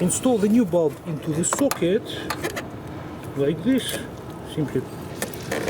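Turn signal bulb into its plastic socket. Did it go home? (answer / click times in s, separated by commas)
no / none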